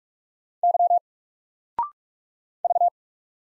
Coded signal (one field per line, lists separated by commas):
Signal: Morse code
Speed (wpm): 44 wpm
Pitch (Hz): 700 Hz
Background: none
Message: Y V